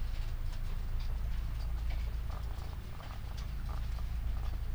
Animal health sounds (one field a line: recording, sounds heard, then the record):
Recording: poultry house recording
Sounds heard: sick chickens (respiratory disease)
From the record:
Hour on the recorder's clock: 21